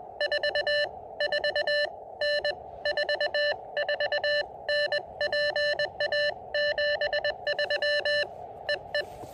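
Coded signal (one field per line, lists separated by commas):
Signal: Morse code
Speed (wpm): 20 wpm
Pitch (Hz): 590 Hz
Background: none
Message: 44N 44N PA 73 EE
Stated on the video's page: QRP CW summit and park activation of two summits, very cold and windy conditions.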